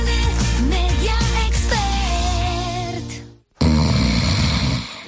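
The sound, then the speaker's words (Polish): A brief musical passage cuts off, then one loud, raspy snore follows: a rough, breathy rumble lasting about a second and a half. “Każdy z nas zna kogoś, kto chrapie i nic dziwnego, bo na tę dolegliwość cierpi aż około 13 milionów Polaków.”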